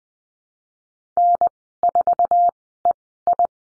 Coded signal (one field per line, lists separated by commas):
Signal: Morse code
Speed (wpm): 19 wpm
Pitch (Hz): 700 Hz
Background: none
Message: N4EI